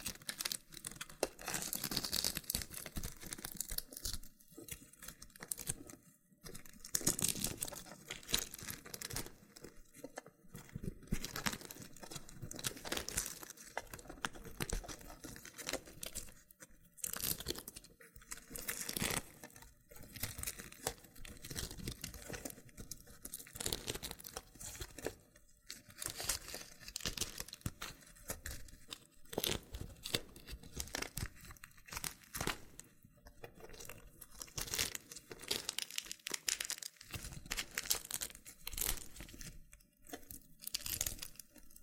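Loofah being handled with peeling and popping sounds: dense, scratchy crinkling and tearing textures fill the whole 42 seconds. Bright, crackly bursts come in quick irregular clusters, several per second, with brief quieter gaps between strokes.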